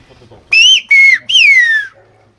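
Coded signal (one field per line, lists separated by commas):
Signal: whistled language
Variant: Aas whistled Occitan (Béarnese)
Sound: three loud gliding whistles: a rising-falling note, a level note, then a long falling sweep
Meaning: Calling out to someone named Théo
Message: Oh Théo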